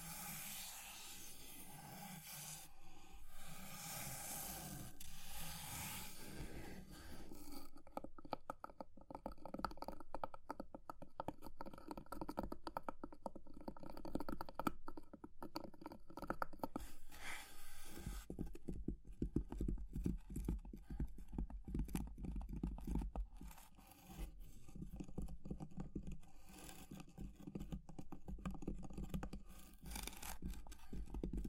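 Fire crackling with tapping and scratching, thick with quick, irregular clicks and snaps from start to end. The first seven seconds carry a bright hiss, then the sound turns drier and more clattery, and a low rumble joins from about eighteen seconds on.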